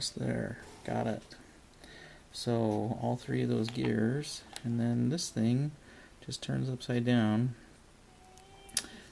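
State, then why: Seated. The plastic gear cover of a Kato N-scale model locomotive truck is flipped upside down and set on top of the truck while someone talks. A few faint ticks come just before a sharp snap at 8.8 seconds as the cover seats into place.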